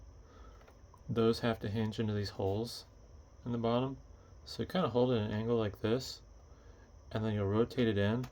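Someone talks while handling the plastic cover of a MakeID D50 label printer, hooking its bottom clips into the holes at the bottom of the printer body at an angle before rotating it down. The cover must be lined up correctly so the printer's door switch registers it as sealed. Nothing has clicked or seated yet by the end of the clip.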